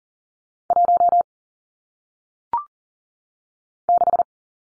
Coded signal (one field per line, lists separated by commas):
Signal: Morse code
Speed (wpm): 40 wpm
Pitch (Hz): 700 Hz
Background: none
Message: 1 6